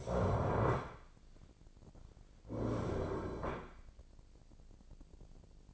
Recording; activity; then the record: daily activity, microphone in the room; stand up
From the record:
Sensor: 5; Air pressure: 1009.3 hPa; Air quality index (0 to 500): 158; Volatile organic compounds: 2 ppm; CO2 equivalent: 1215 ppm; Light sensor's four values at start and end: 266/642/270/294 and 271/652/275/299